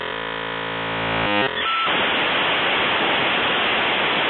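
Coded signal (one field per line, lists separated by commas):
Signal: dial-up modem handshake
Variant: 56k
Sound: brief multi-tone buzzing, a few chirpy switches, then loud steady hiss until the end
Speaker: son que vous venez d'entendre, c'était le cri de la naissance de notre addiction moderne. Si vous ne savez pas ce que c'est et bien c'est tout simplement le son d'un modem 56k.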